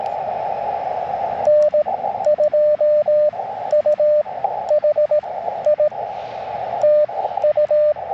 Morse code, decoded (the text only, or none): N2UHI TU